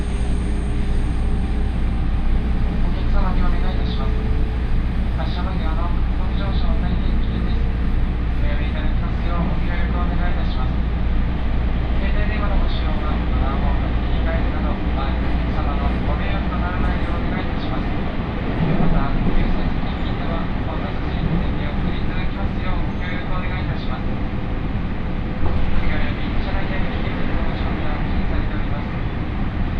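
Inside a local train on the line from Gifu to Nagoya, a steady low rumble runs throughout, with a deep hum that drops away after about seventeen seconds. Passengers' voices murmur, and a few brighter tones sound near the start.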